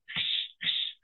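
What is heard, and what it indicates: Two hissing, buzzing bursts of about half a second each, made with the voice and high-pitched, with a faint low hum at their onset. A vocal imitation of the buzzing type of tinnitus, one of the phantom sounds people with tinnitus report besides whistling, beating and ringing.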